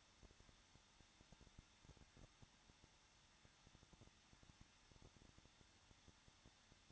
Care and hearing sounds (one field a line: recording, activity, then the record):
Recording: daily activity, microphone in the room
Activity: no activity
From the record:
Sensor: 3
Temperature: 21.2 degrees Celsius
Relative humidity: 36.5%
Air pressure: 1006.4 hPa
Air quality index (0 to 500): 224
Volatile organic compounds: 44 ppm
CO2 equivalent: 3215 ppm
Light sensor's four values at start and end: 2/3/2/2 and 2/3/2/2